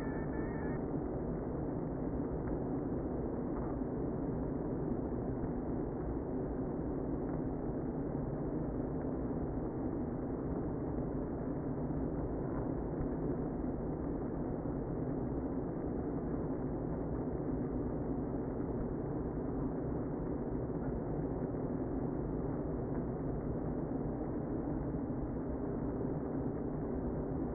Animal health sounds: honeybee colony, microphone inside the hive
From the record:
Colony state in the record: queen present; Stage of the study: before two queens were removed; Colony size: about 60,000 bees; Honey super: yes

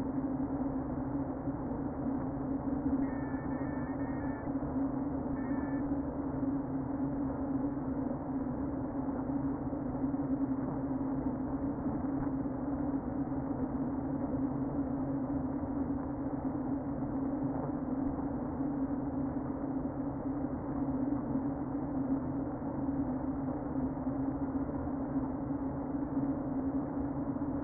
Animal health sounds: honeybee colony, microphone inside the hive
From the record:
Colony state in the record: queen present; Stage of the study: before two queens were removed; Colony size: about 60,000 bees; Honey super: yes

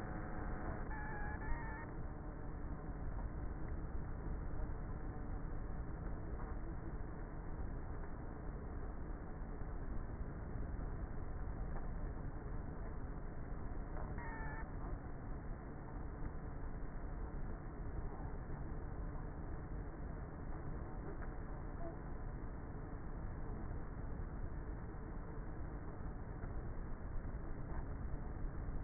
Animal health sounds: honeybee colony, microphone inside the hive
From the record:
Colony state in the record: queenless with a low population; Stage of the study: before two queens were removed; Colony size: about 30,000 bees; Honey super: no

